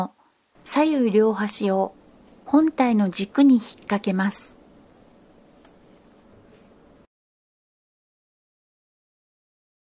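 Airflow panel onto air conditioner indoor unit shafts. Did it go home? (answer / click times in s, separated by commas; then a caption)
no / none. Someone talks while both ends of a plastic airflow panel are hooked onto the pivot shafts of a Sharp air conditioner indoor unit and lined up before it is pushed closed. After the talking stops, only faint handling ticks are heard near 5.7 and 6.1 seconds, and the panel has not clicked shut yet.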